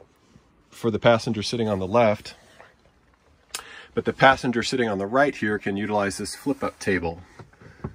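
Someone talks about the passenger-side flip-up table in a van cabinet of a Toyota Hiace Space Cabin camper van, which is handled to be raised, slid across and locked into its bracket. A few brief, faint knocks of handling are heard between and after the speech. The clip ends before the table goes home, so nothing has seated or clicked yet.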